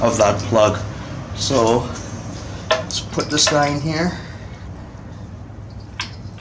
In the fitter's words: and it'll click in. It'll just fit right on there.